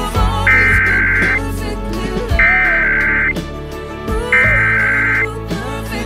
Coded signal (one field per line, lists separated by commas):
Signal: Emergency Alert System (SAME) tones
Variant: header bursts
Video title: Usual Sunday Weekly Tests (EAS #13894-13898) 11/12/23